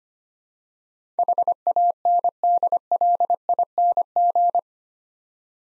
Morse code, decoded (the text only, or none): HANDLING